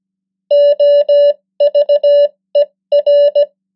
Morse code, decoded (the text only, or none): OVER